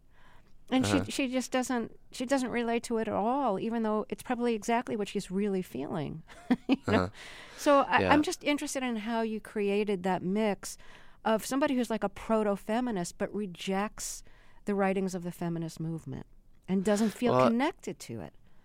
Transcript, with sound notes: And she just doesn't - she doesn't relate to it at all, even though it's probably exactly what she's really feeling (laughter).
Yeah.
So I'm just interested in how you created that mix of somebody who's, like, a proto-feminist but rejects the writings of the feminist movement and doesn't feel connected to it.